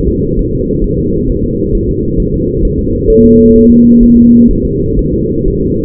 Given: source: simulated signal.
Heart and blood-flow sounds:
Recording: fetal heart sounds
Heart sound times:
0.09 s: S2
0.39 s: S1
0.53 s: S2
0.84 s: S1
0.98 s: S2
1.30 s: S1
1.44 s: S2
1.75 s: S1
1.89 s: S2
2.20 s: S1
2.34 s: S2
2.65 s: S1
2.79 s: S2
3.10 s: S1
3.24 s: S2
3.56 s: S1
3.70 s: S2
4.03 s: S1
4.17 s: S2
4.51 s: S1
4.65 s: S2
4.99 s: S1
5.13 s: S2
5.48 s: S1
5.62 s: S2
From the record:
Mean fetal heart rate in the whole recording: 130 bpm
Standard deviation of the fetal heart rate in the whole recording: 4 bpm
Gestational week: 38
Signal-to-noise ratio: -10.2 dB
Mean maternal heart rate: 72 bpm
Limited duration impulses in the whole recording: present

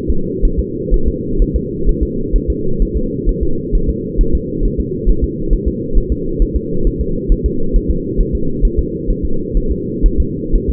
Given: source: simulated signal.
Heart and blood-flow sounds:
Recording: fetal heart sounds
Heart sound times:
0.10 s: S2
0.45 s: S1
0.59 s: S2
0.94 s: S1
1.08 s: S2
1.42 s: S1
1.56 s: S2
1.89 s: S1
2.03 s: S2
2.36 s: S1
2.50 s: S2
2.82 s: S1
2.97 s: S2
3.29 s: S1
3.43 s: S2
3.75 s: S1
3.90 s: S2
4.21 s: S1
4.35 s: S2
4.65 s: S1
4.80 s: S2
5.09 s: S1
5.24 s: S2
5.53 s: S1
5.68 s: S2
5.97 s: S1
6.12 s: S2
6.42 s: S1
6.56 s: S2
6.87 s: S1
7.01 s: S2
7.32 s: S1
7.46 s: S2
7.76 s: S1
7.91 s: S2
8.21 s: S1
8.35 s: S2
8.65 s: S1
8.79 s: S2
9.10 s: S1
9.25 s: S2
9.57 s: S1
9.72 s: S2
10.06 s: S1
10.20 s: S2
10.56 s: S1
10.70 s: S2
From the record:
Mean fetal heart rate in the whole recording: 130 bpm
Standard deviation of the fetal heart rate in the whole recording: 4 bpm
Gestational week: 38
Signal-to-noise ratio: -8.1 dB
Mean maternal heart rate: 72 bpm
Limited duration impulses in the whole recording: absent

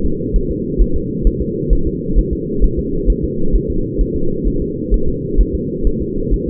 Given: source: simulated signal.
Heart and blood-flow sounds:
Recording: fetal heart sounds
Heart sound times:
0.06 s: S2
0.36 s: S1
0.51 s: S2
0.81 s: S1
0.96 s: S2
1.27 s: S1
1.42 s: S2
1.73 s: S1
1.87 s: S2
2.19 s: S1
2.33 s: S2
2.64 s: S1
2.79 s: S2
3.10 s: S1
3.24 s: S2
3.55 s: S1
3.70 s: S2
4.01 s: S1
4.16 s: S2
4.47 s: S1
4.62 s: S2
4.94 s: S1
5.09 s: S2
5.41 s: S1
5.55 s: S2
5.87 s: S1
6.02 s: S2
6.34 s: S1
6.48 s: S2
From the record:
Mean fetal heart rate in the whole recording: 130 bpm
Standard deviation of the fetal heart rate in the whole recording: 2 bpm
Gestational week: 36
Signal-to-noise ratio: -8.1 dB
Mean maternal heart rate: 72 bpm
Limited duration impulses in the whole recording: absent

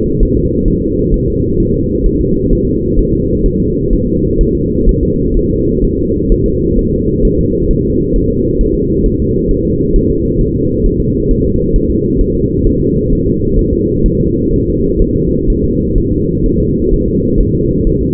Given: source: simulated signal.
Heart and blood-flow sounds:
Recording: fetal heart sounds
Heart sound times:
0.23 s: S1
0.37 s: S2
0.68 s: S1
0.82 s: S2
1.14 s: S1
1.28 s: S2
1.60 s: S1
1.74 s: S2
2.06 s: S1
2.20 s: S2
2.53 s: S1
2.67 s: S2
2.99 s: S1
3.13 s: S2
3.46 s: S1
3.60 s: S2
3.93 s: S1
4.07 s: S2
4.41 s: S1
4.55 s: S2
4.89 s: S1
5.03 s: S2
5.37 s: S1
5.51 s: S2
5.84 s: S1
5.99 s: S2
6.32 s: S1
6.46 s: S2
6.79 s: S1
6.93 s: S2
7.25 s: S1
7.39 s: S2
7.71 s: S1
7.85 s: S2
8.16 s: S1
8.30 s: S2
8.61 s: S1
8.75 s: S2
9.06 s: S1
9.20 s: S2
9.51 s: S1
9.65 s: S2
9.96 s: S1
10.10 s: S2
10.41 s: S1
10.55 s: S2
10.86 s: S1
11.00 s: S2
11.31 s: S1
11.45 s: S2
11.76 s: S1
11.90 s: S2
12.21 s: S1
12.35 s: S2
12.67 s: S1
12.81 s: S2
13.12 s: S1
13.27 s: S2
13.59 s: S1
13.73 s: S2
14.06 s: S1
14.20 s: S2
14.53 s: S1
14.68 s: S2
15.02 s: S1
15.16 s: S2
15.50 s: S1
15.64 s: S2
15.98 s: S1
16.12 s: S2
16.46 s: S1
16.60 s: S2
16.94 s: S1
17.08 s: S2
17.40 s: S1
17.55 s: S2
17.87 s: S1
18.01 s: S2
From the record:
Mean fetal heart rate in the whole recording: 130 bpm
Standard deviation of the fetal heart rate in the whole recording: 4 bpm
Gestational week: 38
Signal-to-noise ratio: -14.7 dB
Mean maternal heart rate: 72 bpm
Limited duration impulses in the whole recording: present

